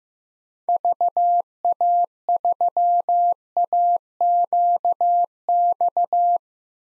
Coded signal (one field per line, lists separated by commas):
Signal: Morse code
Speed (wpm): 15 wpm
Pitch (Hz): 700 Hz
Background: none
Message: VA3AQX